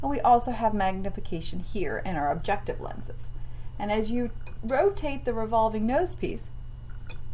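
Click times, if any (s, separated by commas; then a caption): 7.1 s. Someone talks while rotating the revolving nosepiece of a compound microscope until a metal objective lens clicks into its detent position. A short, sharp click is heard at 7.1 s, confirming the lens is seated in place.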